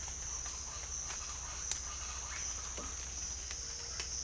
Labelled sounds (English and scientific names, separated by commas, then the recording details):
none
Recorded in secondary vegetation near Puerto Asís, Putumayo, Colombia, on 22 December 2024 at 07:00
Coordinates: 0.488, -76.319
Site GP04